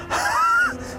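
A single breathy, forced exhalation lasting about half a second, with a faint whistling edge, like blowing out a candle. This is a demonstrated huff, the third step of the active cycle of breathing for people with bronchiectasis. The sound is made through the glottis, with an open throat, to move sputum.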